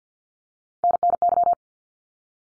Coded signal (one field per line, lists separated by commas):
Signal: Morse code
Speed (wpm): 50 wpm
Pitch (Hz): 700 Hz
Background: none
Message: NNY